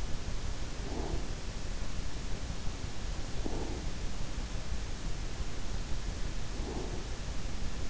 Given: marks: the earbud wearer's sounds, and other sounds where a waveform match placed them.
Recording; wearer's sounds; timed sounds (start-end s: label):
sounds in sleep by an in-ear microphone; breath
0.78-1.33 s: breath
3.40-3.92 s: breath
6.57-7.09 s: breath